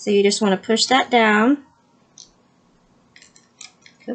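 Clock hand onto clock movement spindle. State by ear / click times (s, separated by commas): not seated / none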